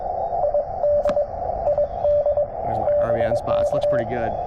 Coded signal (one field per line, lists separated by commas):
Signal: Morse code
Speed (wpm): 24 wpm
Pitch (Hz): 590 Hz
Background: speech, radio noise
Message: ID ID BK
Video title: 100w with good band conditions makes POTA a piece of cake!